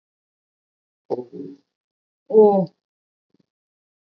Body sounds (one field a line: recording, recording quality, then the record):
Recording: sustained vowel as in boot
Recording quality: excellent, no background noise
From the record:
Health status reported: healthy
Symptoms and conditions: none ticked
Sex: female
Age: 18 years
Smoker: not ticked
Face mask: not worn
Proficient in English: yes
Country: India